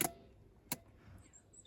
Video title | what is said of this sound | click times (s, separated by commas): How to install the Avionaut Pixel Pro 2.0 C infant carrier car seat on the Dock 2 ISOfix base | and now this Gap here between this the base and the back rest of the vehicle seat needs to be closed and you simply do that by pushing the base all the way in you'll hear it clicking | 0.0 s, 0.7 s